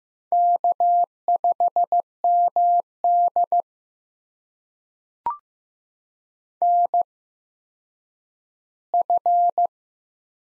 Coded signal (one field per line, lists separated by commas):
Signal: Morse code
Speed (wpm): 15 wpm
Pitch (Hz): 700 Hz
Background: none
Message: K5MD NF